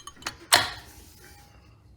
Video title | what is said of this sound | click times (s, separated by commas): Installing and Painting Brake Calipers and Rotors | piston side caliper just pops into place. | 0.5 s